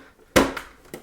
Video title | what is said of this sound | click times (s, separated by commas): PS5: How to Remove Stuck Disc - If Disc Drive Won’t Eject | and here you go everything is in place it's not going anywhere you should hear a small Click | 0.4 s